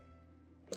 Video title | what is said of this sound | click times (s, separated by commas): Nama J2 Cold Press Juicer Unboxing & Assembly - EVERYTHING You Need to Know | Clicks perfectly into place, and then rotate it clockwise | 0.7 s